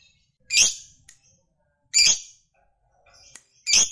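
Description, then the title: Lovebird uttering single loud harsh chirps roughly every one and a half seconds, with faint softer notes between them. Recording meant to make a lovebird that is reluctant to sing become eager and sing spontaneously at length, called narik. "LOVEBIRD Malas Bunyi JADI GREGET SPONTAN Langsung NARIK"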